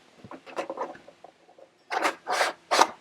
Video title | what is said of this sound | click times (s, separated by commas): Can you mount Starlink INSIDE a vehicle? | it just locks in place like that. | 2.8 s